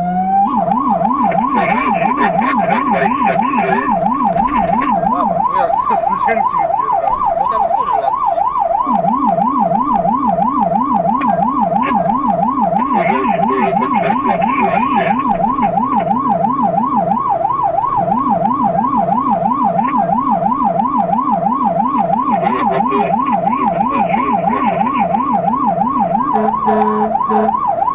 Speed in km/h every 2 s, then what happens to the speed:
55, 56, 55, 53, 53, 52, 55, 63, 66, 67, 67, 67, 68, 68.
0-10 steady at about 53. 10-17 speeds up to 67. 17-28 steady at about 67.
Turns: none.